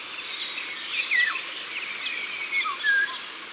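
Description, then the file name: Eurasian golden oriole with flute-like whistles: a descending slur, then a brief note and a level whistle, set against a busy chorus of faint small birds. Ardèche, France. "Loriot-d Europe-Concerts-Naturels-De-l Ardeche"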